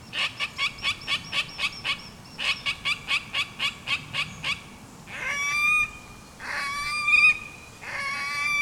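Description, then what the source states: Red-necked grebe calling, a fast rhythmic series of short harsh notes in two runs, followed by longer drawn-out wailing, braying notes. Wellesweiher near Kosbach, 25 June 2013.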